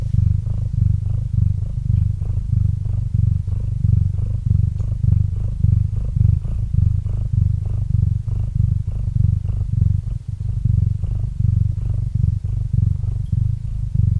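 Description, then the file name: Cat purr, long steady deep rumble pulsing with breathing, faint clicks scattered over it. Domestic cat named Murchik purring into a microphone. "Kot Murchik - Murchanie kota kot murchal v mikrofon"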